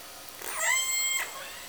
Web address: SRKW call-catalog. Orca Calls Alwin. Call S 37 i(pos J)